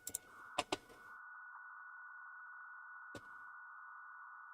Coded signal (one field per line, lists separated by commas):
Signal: PSK63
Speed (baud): 62.5 baud